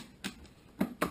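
A plastic pry tool is worked under the lip of an ASUS X555L series laptop's keyboard/top case to pop the plastic snap clips free from the laptop base. Sharp snapping pops sound at about 0.3 s and 0.8 s, with the loudest at 1.0 s as the clips let go. The keyboard bezel clips are released.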